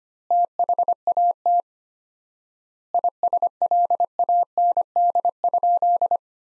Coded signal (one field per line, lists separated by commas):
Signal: Morse code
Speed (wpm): 25 wpm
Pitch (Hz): 700 Hz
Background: none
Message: THAT ISLAND?